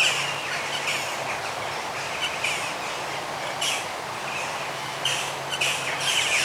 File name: Sleepy Bird Sounds - ASMR Birds Singing